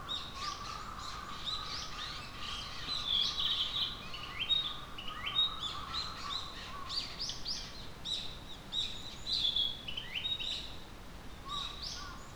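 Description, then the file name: Tit calls: many short high chirps and thin notes overlapping throughout, with a steady hum in the background. 30 April 2022. "kotori no tit alley"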